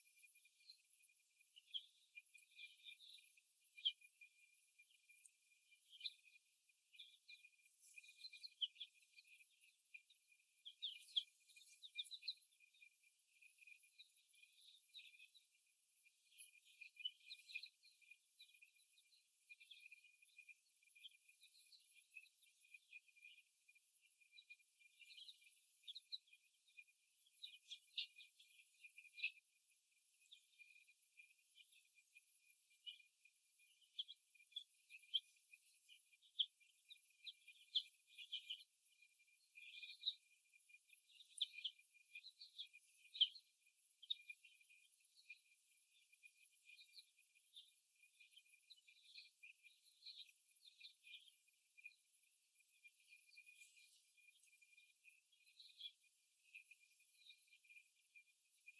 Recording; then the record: young laying hens in a cage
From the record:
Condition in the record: after the stressor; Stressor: simulated dog barking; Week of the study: 1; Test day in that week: 1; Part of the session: 3